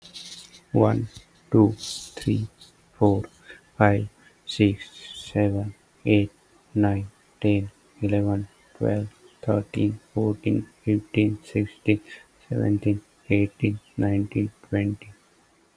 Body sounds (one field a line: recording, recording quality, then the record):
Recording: counting at a normal pace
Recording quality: moderate, slight background noise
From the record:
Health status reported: healthy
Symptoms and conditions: none ticked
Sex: male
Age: 25 years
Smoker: not ticked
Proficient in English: yes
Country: India